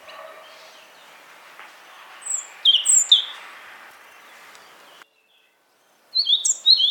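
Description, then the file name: European robin: high, thin slurred notes around the middle, a brief total dropout in sound, then another quick sparkling phrase at the end. "Erithacus rubecula"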